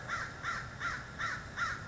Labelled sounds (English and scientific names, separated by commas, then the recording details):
American Crow (Corvus brachyrhynchos)
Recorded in Sonoma County, California